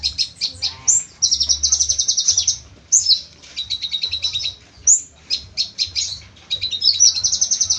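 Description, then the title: Small bird singing a lively high song of quick chirps, several fast rattling trills and sharp down-slurred whistles, repeated throughout. "Burung Kecil"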